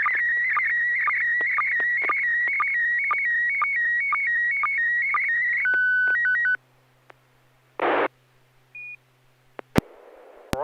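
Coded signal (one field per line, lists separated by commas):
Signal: SSTV (slow-scan television)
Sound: warbling tone with regular short low blips, then stepped beeps, a hiss burst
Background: FM radio hiss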